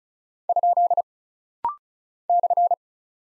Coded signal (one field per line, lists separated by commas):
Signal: Morse code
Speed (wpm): 36 wpm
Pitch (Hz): 700 Hz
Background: none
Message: ? /